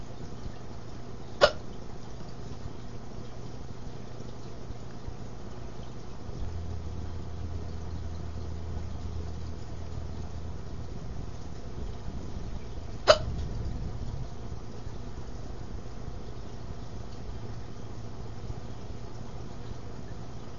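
An adult's hiccups: two abrupt, sharp gulping clicks about 12 seconds apart, each followed by quiet, against a low steady background hum. Hiccups are sudden involuntary spasms of the diaphragm that snap the vocal cords shut.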